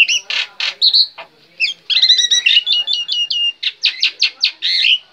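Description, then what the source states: Black-winged myna song: harsh, raspy bursts mixed with a quick series of ringing whistled notes, then more grating chatter. Singing described as gacor.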